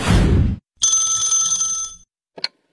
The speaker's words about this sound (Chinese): 这天呢，小何跟佳佳正看电视呢，小何的表弟打来了电话。